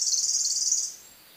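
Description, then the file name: Worm-eating warbler song, a dry, very high, insect-like trill already in progress that stops abruptly after about a second. Recorded in an oak hammock on Merritt Island, Florida, on 12 April 2018 at 8:01 AM. "Worm-eating-Warbler-FL-MINWR-Oak-Hammock-April-12-2018-0801-AM"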